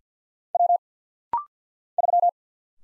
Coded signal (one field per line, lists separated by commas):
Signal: Morse code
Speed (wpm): 54 wpm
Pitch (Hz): 700 Hz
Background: none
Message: W 3